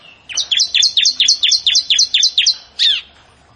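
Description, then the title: Prinia song, one quick phrase of about eleven bright, repeated high chirps, ending with a single separate downslurred note. "Ciblek Sawah"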